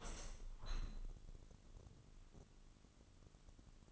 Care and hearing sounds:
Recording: daily activity, microphone in the room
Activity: open window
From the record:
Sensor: 4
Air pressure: 998.8 hPa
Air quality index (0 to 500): 111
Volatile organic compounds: 2 ppm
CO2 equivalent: 1093 ppm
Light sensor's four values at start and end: 10/24/9/10 and 10/24/9/10

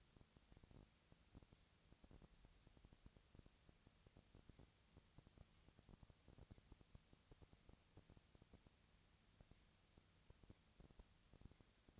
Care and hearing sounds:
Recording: daily activity, microphone in the room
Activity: no activity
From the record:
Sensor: 3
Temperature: 20.6 degrees Celsius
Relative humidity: 35.7%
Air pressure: 998.8 hPa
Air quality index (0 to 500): 235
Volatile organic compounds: 71 ppm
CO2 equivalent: 3525 ppm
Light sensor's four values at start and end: 2/3/2/2 and 2/3/2/2

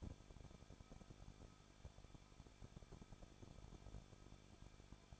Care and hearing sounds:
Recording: daily activity, microphone in the room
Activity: no activity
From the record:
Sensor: 5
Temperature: 20.8 degrees Celsius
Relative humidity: 38.6%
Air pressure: 1006.5 hPa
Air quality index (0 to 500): 192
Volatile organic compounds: 21 ppm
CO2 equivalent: 2714 ppm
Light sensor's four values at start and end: 2/3/1/1 and 2/3/1/1

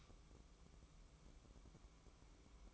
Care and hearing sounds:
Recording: daily activity, microphone in the room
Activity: light on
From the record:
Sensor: 1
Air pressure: 1007.9 hPa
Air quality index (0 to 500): 120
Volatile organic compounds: 2 ppm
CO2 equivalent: 1012 ppm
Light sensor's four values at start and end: 11/26/10/12 and 15/45/17/19

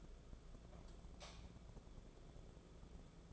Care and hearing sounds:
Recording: daily activity, microphone in the room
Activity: light off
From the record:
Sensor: 5

